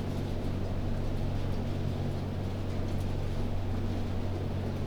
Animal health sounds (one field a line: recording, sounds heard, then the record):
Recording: poultry house recording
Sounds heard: no chicken sound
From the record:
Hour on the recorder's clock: 22